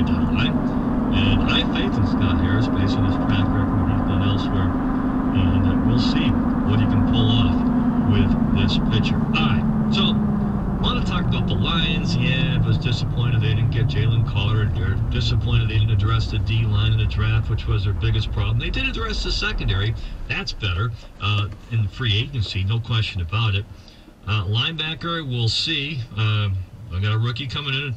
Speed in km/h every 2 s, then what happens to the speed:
87, 92, 93, 84, 74, 61, 48, 35, 24, 13, 0, 0, 0, 0.
4-20 brakes to 0. 20-28 standing.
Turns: none.